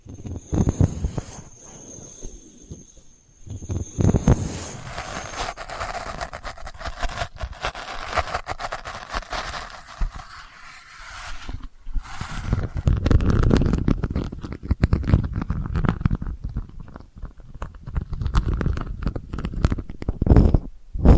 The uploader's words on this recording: ASMR Delicate Scratching for Sleep (No Talking).